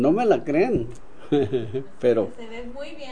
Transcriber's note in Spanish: risas